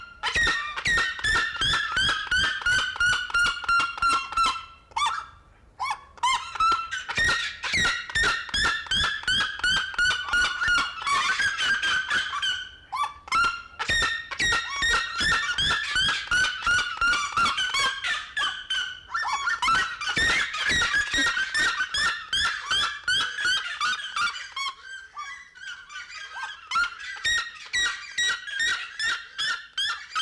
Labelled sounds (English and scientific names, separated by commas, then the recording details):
Red-legged Seriema (Cariama cristata) call
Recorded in captivity
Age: adult
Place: Zoo Berlin, Berlin, DE
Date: 1992-12-05 11:19
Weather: schwach sonnig, ca. 4°C
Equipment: Marantz CP 430, Sennheiser ME 80, Kopie Tesla B 116
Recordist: Tembrock, Günter